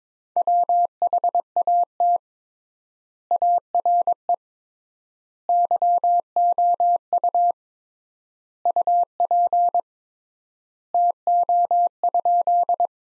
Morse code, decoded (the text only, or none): WHAT ARE YOU UP TO?